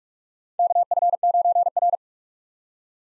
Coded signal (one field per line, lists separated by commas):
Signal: Morse code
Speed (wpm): 46 wpm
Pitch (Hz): 700 Hz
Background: none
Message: KF9R